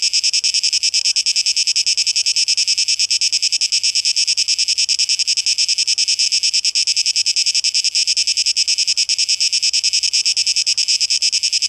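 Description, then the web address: Cicada song: dense, shrill buzzing with a fast regular pulse, unbroken for the whole stretch, nothing else prominent. Cicadas, 12 August 2023, tape echo mix. "rauschpartikel 2023-08-12 Zikaden"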